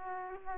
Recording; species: mosquito wingbeat signal from an infrared sensor; Aedes aegypti